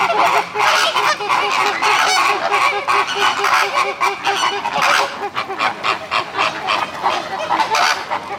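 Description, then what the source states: Flamingos giving a busy chorus of nasal honks, with a run of quick, evenly spaced grunting notes early on beneath the louder calls. Flamingos at a zoo.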